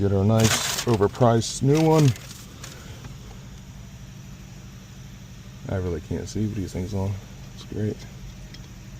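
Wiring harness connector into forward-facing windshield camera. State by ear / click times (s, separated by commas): seated / 8.5 s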